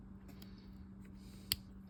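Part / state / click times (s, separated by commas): retaining clip into spincast reel mechanism / seated / 1.5 s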